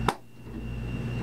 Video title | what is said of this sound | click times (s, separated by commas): Vial Mate Demonstration | Once you hear that click, then it's attached and uh is attached securely. | 0.1 s